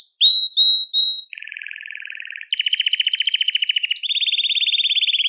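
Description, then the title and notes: Belgian canary song: whistled slides, then a lower buzzy rattle, followed by fast pulsing trills stepping up in pitch. "Canario Belga, nyonyastudio"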